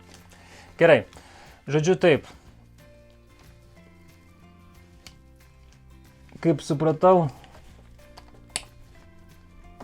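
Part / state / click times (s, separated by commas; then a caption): plastic camera mount into head/chest strap holder / seated / 8.6 s. A plastic GoPro camera mount piece is inserted from the top into a head/chest strap holder. Someone talks while soft handling sounds continue, and a sharp click is heard at 8.6 s as the piece seats and holds; it was uncertain whether it would fit, but it fits.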